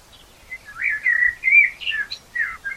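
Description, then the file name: Common blackbird song: a short stretch of rich, mellow fluted whistles, slurring up and down, with a brief high squeak. "Turdus merula"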